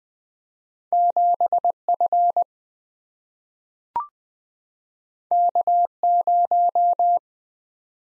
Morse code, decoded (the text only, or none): 7F K0